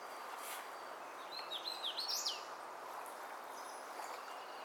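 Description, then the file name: Hooded warbler singing one brief phrase of clear, slurred whistled notes, loudest toward the end, over a steady low hiss. Lake Crabtree, 16 April 2018. "HOWA Lake Crabtree 041618 DR"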